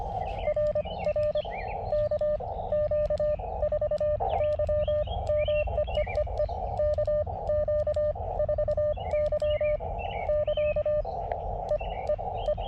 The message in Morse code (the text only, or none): R R KQ4Y MEEEE KQ4Y <KA> E E E